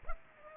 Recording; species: mosquito wingbeat signal from an infrared sensor; Culex pipiens